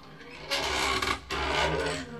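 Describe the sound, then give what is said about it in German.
The door to a dining hall creaks open in two drawn-out, rasping groans, each lasting about a second with a brief pause between, fairly loud and with no one speaking. “Jemand sollte sich mal dieser Tür erbarmen.”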